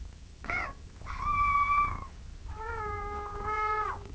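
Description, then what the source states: Cat giving three meows: a short first note, then two longer, level, drawn-out meows with a brief pause between. Cat gently meowing and purring at long intervals.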